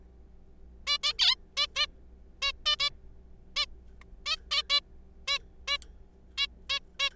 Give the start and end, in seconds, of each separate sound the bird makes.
0.87-0.97, 1.03-1.13, 1.19-1.35, 1.57-1.67, 1.76-1.86, 2.42-2.52, 2.66-2.76, 2.80-2.90, 3.56-3.65, 4.26-4.36, 4.51-4.62, 4.70-4.80, 5.28-5.38, 5.68-5.78, 6.38-6.47, 6.70-6.79, 7.00-7.09